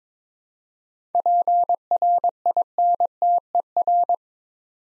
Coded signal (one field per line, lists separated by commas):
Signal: Morse code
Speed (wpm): 23 wpm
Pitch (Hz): 700 Hz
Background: none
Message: PRINTER